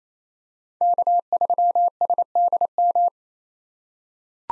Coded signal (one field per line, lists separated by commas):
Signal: Morse code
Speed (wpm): 28 wpm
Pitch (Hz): 700 Hz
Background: none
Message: K3SDM